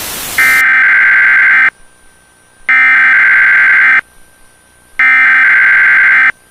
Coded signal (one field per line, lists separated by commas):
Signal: Emergency Alert System (SAME) tones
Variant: header bursts